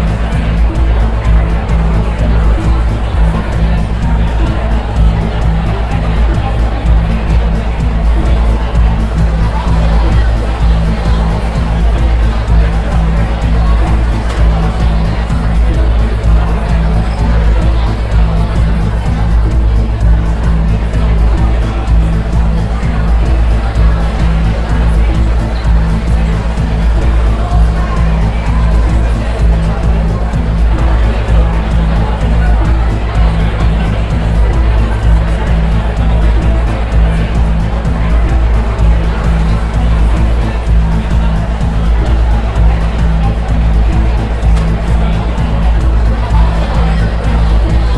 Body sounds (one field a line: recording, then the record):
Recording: background sound without coughing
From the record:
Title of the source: Party Noise 1 Hour Party Ambience